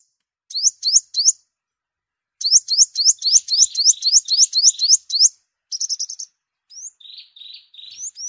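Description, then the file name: Sunbird producing rapid strings of high, rising chips, then a brief trill and softer, lower buzzy notes. "tieng-hut-mat-5-mau-liu"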